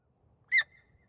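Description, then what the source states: Sika deer squeak, a single sharp high note that breaks off quickly, over a quiet low background hum. Short squeaks recorded at a distance with reverberation.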